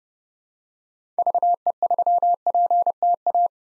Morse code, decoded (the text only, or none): VE3PTA